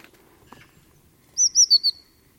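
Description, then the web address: Eurasian blue tit giving a quick run of four thin, high notes that dip slightly in pitch, after a faint soft click; otherwise quiet. "cianscape birddata Deverinetal 2025 File origin Bird Only Cy Ca"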